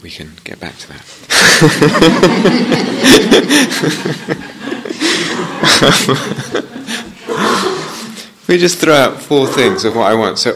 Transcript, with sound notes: But we can get back to that. [laughter] If we just throw out four things of 'what I want':